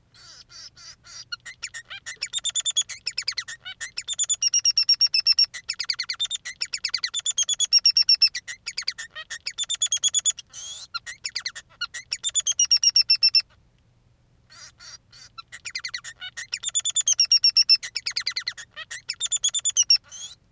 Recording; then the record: song of a male Bengalese finch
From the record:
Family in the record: son of father 3